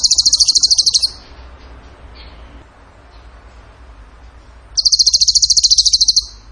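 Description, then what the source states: Bird song of two rapid, buzzy high-pitched rattles separated by a few seconds of quiet. Vigorous (gacor) singing in the tembakan (shooting) style, used in masteran training.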